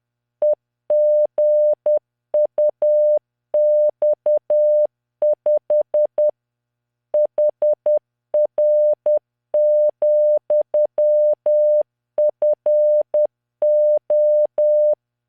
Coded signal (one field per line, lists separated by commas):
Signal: Morse code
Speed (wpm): 10 wpm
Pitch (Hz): 600 Hz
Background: none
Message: EGUX5 HR,FO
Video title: tamanのモールス練習動画28（モールス信号 速度10WPM morse code)